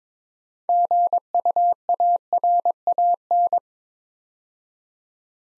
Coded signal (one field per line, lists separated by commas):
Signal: Morse code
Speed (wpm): 22 wpm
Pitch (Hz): 700 Hz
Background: none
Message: GUARAN